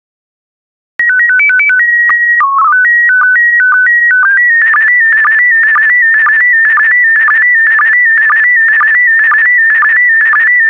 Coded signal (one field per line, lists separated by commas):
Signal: SSTV (slow-scan television)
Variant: PD 120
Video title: 24084 Churches SSTV PD120